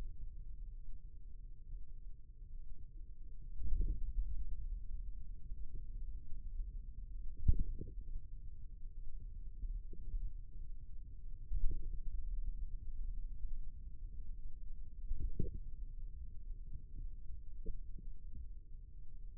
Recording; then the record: forearm muscle sounds (acoustic myography)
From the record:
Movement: ulnar deviation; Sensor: system 2, bracelet of six BSWA MPA416 microphones around the upper forearm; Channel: 4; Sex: male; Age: 22 years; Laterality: right